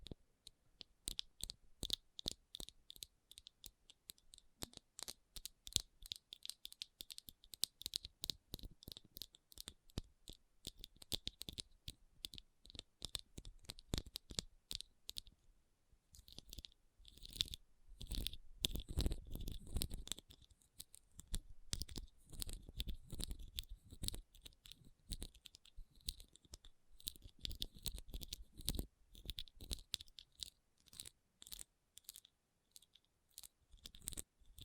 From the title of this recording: RHINESTONE Tapping & Scratching Sounds